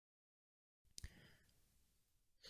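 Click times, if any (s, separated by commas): 1.0 s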